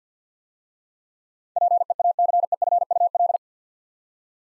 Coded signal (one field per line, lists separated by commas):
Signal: Morse code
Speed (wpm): 53 wpm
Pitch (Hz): 700 Hz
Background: none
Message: PEACEFUL